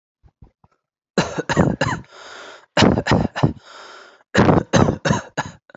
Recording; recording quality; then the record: shallow voluntary cough; excellent, no background noise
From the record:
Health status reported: healthy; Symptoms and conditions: none ticked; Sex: male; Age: 18 years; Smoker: not ticked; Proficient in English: yes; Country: India